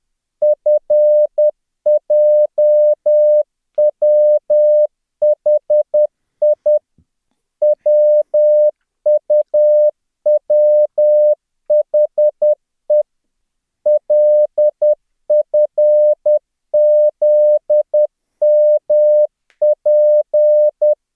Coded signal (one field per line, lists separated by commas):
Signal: Morse code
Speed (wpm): 10 wpm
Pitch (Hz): 600 Hz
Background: none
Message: FJWHI WUWHE LFZMP